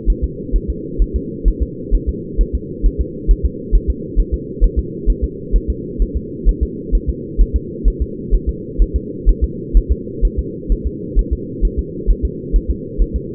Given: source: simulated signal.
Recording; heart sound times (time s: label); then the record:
fetal heart sounds
0.10 s: S1
0.24 s: S2
0.56 s: S1
0.70 s: S2
1.02 s: S1
1.16 s: S2
1.48 s: S1
1.62 s: S2
1.94 s: S1
2.09 s: S2
2.41 s: S1
2.55 s: S2
2.86 s: S1
3.01 s: S2
3.31 s: S1
3.45 s: S2
3.75 s: S1
3.90 s: S2
4.20 s: S1
4.34 s: S2
4.64 s: S1
4.79 s: S2
5.10 s: S1
5.24 s: S2
5.56 s: S1
5.70 s: S2
6.02 s: S1
6.16 s: S2
6.49 s: S1
6.63 s: S2
6.95 s: S1
7.09 s: S2
7.41 s: S1
7.56 s: S2
7.88 s: S1
8.02 s: S2
8.34 s: S1
8.49 s: S2
8.82 s: S1
8.96 s: S2
9.29 s: S1
9.44 s: S2
9.77 s: S1
9.92 s: S2
10.25 s: S1
10.39 s: S2
10.72 s: S1
10.87 s: S2
11.19 s: S1
11.33 s: S2
11.65 s: S1
11.79 s: S2
12.10 s: S1
12.25 s: S2
12.56 s: S1
12.70 s: S2
13.01 s: S1
13.16 s: S2
From the record:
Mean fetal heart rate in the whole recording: 130 bpm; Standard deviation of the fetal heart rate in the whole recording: 2 bpm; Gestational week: 36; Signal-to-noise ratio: -4.1 dB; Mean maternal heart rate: no maternal heart sound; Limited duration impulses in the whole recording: absent